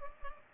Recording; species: mosquito wingbeat signal from an infrared sensor; Culex pipiens